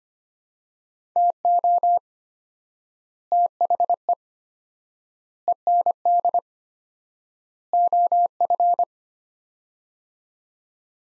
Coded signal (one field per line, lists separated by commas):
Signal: Morse code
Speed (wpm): 25 wpm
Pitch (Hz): 700 Hz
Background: none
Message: TO THE END OF